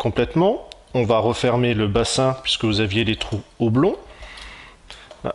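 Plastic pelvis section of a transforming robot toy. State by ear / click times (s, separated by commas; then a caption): seated / 4.9 s, 5.3 s. Someone talks while closing the plastic pelvis halves of a transforming robot toy (Transformers Prime Beast Hunters Skystalker, Deluxe Class) back together over the slotted oblong holes during transformation. Sharp clicks are heard at 4.9 s and 5.3 s as the pelvis section snaps into its locked position.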